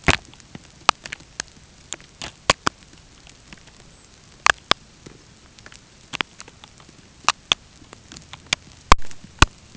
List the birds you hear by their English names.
none